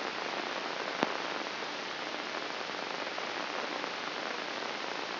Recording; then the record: brain microelectrode recording played as sound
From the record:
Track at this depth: inside the subthalamic nucleus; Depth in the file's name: 4.663 mm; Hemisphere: left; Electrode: 3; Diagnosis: Parkinson's disease